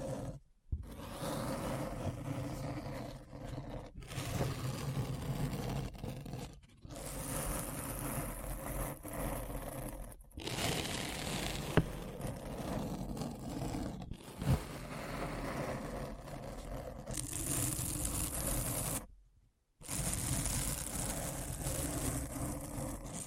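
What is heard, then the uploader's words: Deep scratching sounds run in long dense passages, a rough low rasp with a bright hiss on top. Short silent breaks cut in near 0.5, 4, 7, 10, 14 and 19 seconds. Some passages turn sharper and brighter, and a few quick clicks stand out. ASMR Deep Brain Scratch (No Talking).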